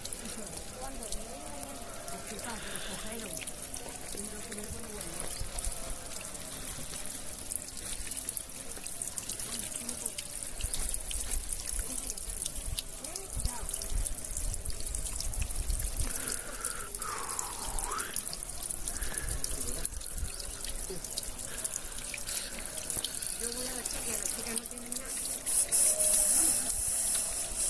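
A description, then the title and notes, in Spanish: A walk past a stream swollen weeks after heavy rains, with a steady, dense rush of flowing water filling the whole clip. Voices murmur faintly in the background, and a sliding call rises briefly around seventeen seconds. Manantial de La Peña y el Arroyo Casa. Paseo pasando por La Peña y por el Arroyo Casa semanas después de las intensas lluvias.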